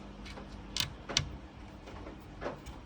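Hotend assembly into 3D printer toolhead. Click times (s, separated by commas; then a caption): 1.2 s. A hotend assembly on a P1P 3D printer is moved back and forth in its toolhead, making soft sliding and ticking sounds with a sharp tick at 0.8 s. It clicks into its centered, seated position at 1.2 s, with a brief rustle afterward and another soft tick near 2.5 s.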